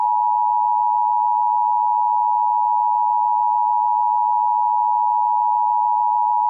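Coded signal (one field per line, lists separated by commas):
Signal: Emergency Alert System (SAME) tones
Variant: 853 and 960 Hz attention tone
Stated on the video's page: Fictional EAS scenario.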